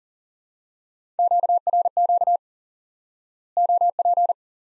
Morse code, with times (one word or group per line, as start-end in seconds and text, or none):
1.2-2.4 QRQ
3.6-4.3 OP